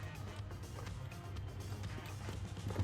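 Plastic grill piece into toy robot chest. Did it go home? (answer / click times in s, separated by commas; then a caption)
no / none. A plastic grill piece is lined up and pushed into place on a toy robot's chest over steady background music with a low hum, and a brief faint tap comes at about 1.1 s. The grill piece has not clicked or snapped into place.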